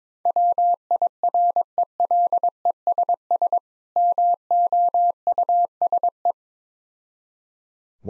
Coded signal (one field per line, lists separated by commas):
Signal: Morse code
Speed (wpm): 22 wpm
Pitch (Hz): 700 Hz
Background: none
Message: WIRELESS MOUSE